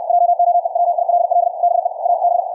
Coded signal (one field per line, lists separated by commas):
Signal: Morse code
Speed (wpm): 64 wpm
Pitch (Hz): 700 Hz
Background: none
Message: JOE WILL BE A B